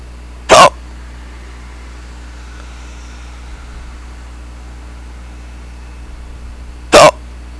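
Two sharp, abrupt hiccups about six seconds apart over a faint steady hum: singultus, involuntary diaphragm spasms in an adult.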